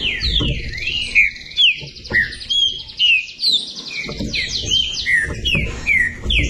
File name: canto do trinca ferro